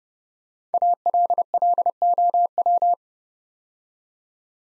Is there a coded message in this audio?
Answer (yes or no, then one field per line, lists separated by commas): yes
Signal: Morse code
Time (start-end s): 0.7-2.9 s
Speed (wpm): 30 wpm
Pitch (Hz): 700 Hz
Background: none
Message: ALLOW